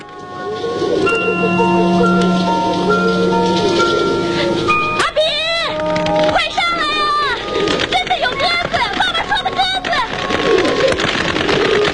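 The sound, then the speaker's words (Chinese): A flock of pigeons that has landed in front of a family's home coos in low, rolling tones while sharper bird chirps flutter in the middle stretch, all set over a dense, steady background of sound with a murmur of voices, from the Hong Kong film Woman, Forty. “令人不可思议的是，家门前竟真的落下了一群鸽子，咕咕叫着，像是说着什么。”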